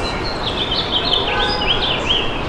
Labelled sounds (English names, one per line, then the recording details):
House Finch song
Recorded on Long Island, New York, on 13 June 2011
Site MH
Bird A